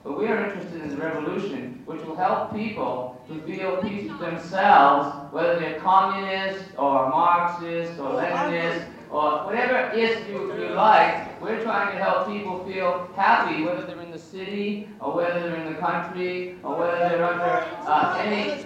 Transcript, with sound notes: But we are interested in the revolution which will help people to feel peace themselves, whether they're Communists or Marxists or Leninists or whatever "ist" you like. [audience shouting interruptions] We're trying to help people feel happy whether they're in the city or whether they're in the country or whether they're under any...